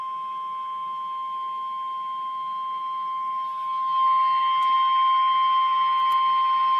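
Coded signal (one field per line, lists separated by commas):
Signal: Emergency Alert System (SAME) tones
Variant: 1050 Hz attention tone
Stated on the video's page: Real EAS alert for a Particularly Dangerous Situation Tornado Watch.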